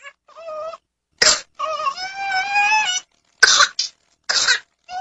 Classic whooping cough, known to doctors as pertussis.